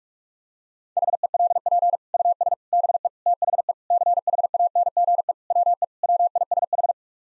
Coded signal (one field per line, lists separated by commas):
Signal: Morse code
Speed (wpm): 44 wpm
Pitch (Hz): 700 Hz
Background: none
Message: HELP US BE THE CHANGE WE WISH